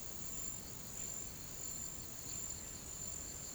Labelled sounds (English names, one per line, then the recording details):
none
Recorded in pastures near Puerto Asís, Putumayo, Colombia, on 8 March 2025 at 09:30
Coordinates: 0.486, -76.323
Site G075